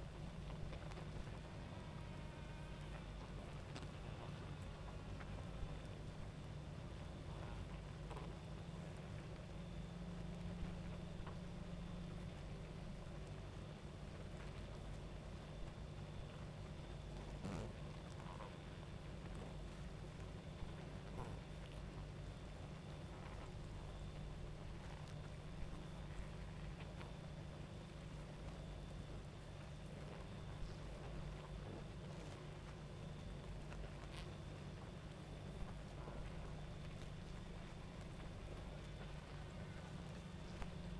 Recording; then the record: honeybee colony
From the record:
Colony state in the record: active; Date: 28 July 2017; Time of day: 22:55